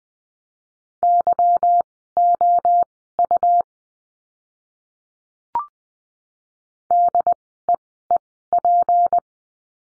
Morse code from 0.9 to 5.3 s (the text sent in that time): YOU